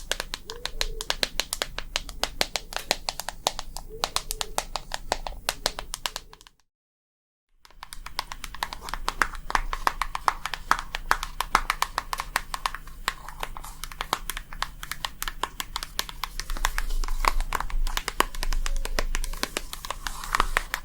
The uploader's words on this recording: ASMR Relaxing Tapping for the BEST Sleep & Tingles long nails + no talking.